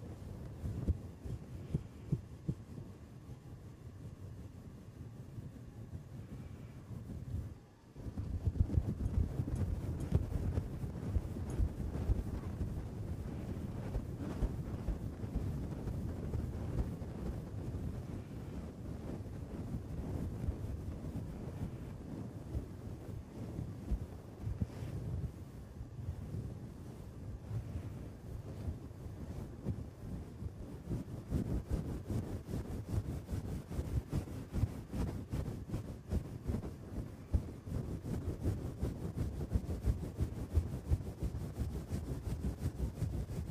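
A head and back scratcher is rubbed over the microphone in a dense, continuous scratching that crackles with quick strokes. The sound is mostly a low, rumbling rustle with a brighter grainy edge. It drops out briefly near eight seconds, then resumes steadily to the end.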